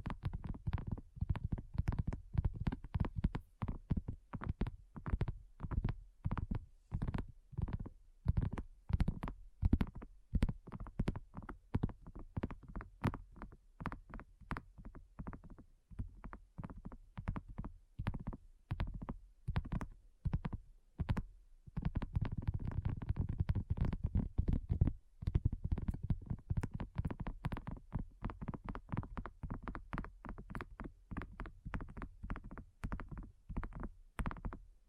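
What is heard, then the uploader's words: Rapid, dense tapping runs through the whole 35 seconds, the taps coming in quick, fairly regular bursts with a dull, low, thudding quality. Brief pauses break the rhythm around 16, 21 and 25 seconds before the steady tapping resumes. ASMR Addictive Tapping. (No Talking).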